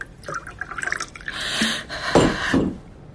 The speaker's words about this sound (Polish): Naleję pani wody.